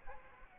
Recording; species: mosquito wingbeat signal from an infrared sensor; Aedes aegypti